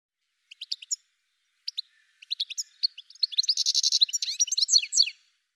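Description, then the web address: Bird song: a few scattered high chirps that build into a dense, buzzy, rapid twitter before stopping. "cianscape birddata Deverinetal 2025 File cleaned normalized Bird"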